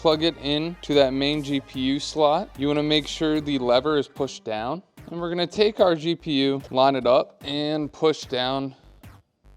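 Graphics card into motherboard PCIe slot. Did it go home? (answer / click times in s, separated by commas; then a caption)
no / none. A low-profile R5 240 graphics card is lined up with the main PCIe slot on a Dell Optiplex motherboard, with the slot's lever pushed down, while someone talks throughout. Brief handling sounds occur near the end around 9.0 s and 9.5 s, but nothing has seated or clicked yet.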